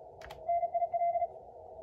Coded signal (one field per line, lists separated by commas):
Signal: Morse code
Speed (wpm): 35 wpm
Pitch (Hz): 690 Hz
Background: radio noise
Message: NIL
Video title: MorseRunner 1.82 release with ARRL DX contest